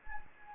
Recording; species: mosquito wingbeat signal from an infrared sensor; Anopheles gambiae